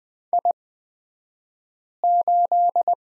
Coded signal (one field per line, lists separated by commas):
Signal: Morse code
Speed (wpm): 20 wpm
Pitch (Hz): 700 Hz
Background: none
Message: I8